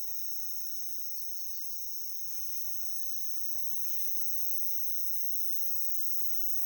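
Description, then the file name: Insects give a steady, high, shimmering drone of several layered trills, unbroken throughout, with a few soft rustles near the middle. At night in Kashiwa town, Japan; MS stereo recording. "Japan Kashiwa Town Night Bug MS"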